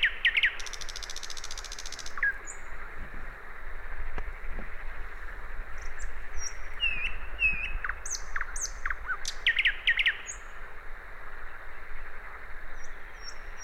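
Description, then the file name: Common nightingale song: a brief buzzy burst, then scattered high whistles, slurred chirps and warbled phrases over faint hum. "Luscinia megarhynchos"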